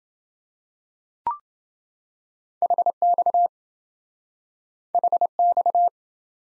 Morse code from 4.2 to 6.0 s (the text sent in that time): HX